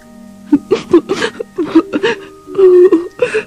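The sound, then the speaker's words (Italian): A narrator's voice imitates sobbing: a string of short, catching whimpers and hiccuping breaths, then a longer, drawn-out wail before a final choked sob. No words are spoken. “Singhiozzava e la sua lucida pelliccia si scuoteva tutta.”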